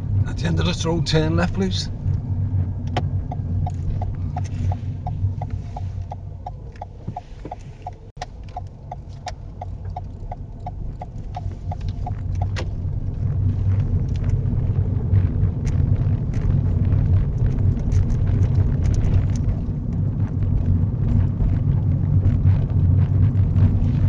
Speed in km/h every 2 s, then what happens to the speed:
16, 15, 6, 6, 6, 13, 19, 23, 26, 27, 27, 26.
0-4 slows to 6. 8-17 speeds up to 27. 17-24 steady at about 27.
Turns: none.